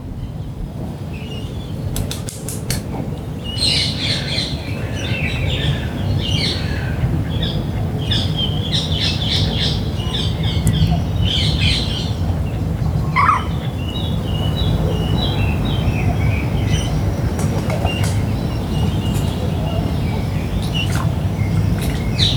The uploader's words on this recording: Parco Sempione at Dawn. Recorded in Parco Sempione, Milan, Italy.